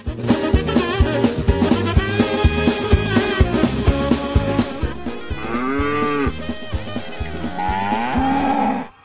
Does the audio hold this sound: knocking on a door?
no